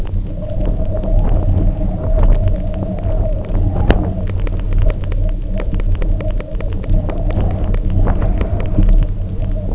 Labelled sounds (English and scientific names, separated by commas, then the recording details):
none
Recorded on Arctic tundra, site UTQI-0, on 27 June 2018
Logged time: 16:00